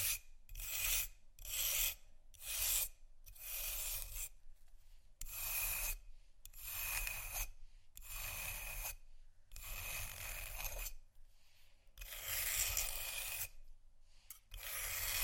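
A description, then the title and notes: Ice is scratched in a series of rough, bright rasping strokes, roughly one every second, separated by brief pauses. Some strokes stretch longer, around the tenth and twelfth seconds. A steady low rumble runs underneath throughout. No Talking.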